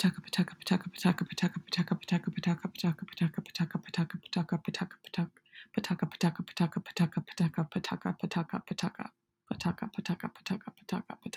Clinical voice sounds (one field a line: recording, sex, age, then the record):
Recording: repeated syllables /pa ta ka/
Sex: female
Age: 20 to 29 years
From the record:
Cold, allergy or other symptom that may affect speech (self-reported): no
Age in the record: 21 years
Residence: Florida, United States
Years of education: 16